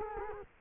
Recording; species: mosquito wingbeat signal from an infrared sensor; Culex quinquefasciatus